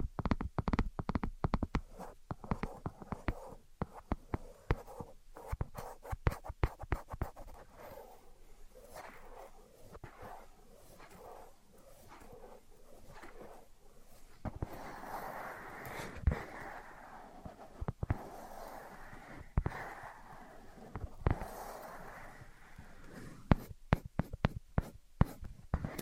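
Tapping and scratching: rapid, dense taps crowd the first few seconds, then thin into irregular clicks over a soft scraping texture. Around the middle the scratching grows brighter and louder, and quick bursts of taps return near the end.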